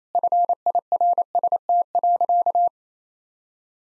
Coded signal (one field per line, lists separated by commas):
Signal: Morse code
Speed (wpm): 28 wpm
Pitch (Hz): 700 Hz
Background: none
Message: FIRST.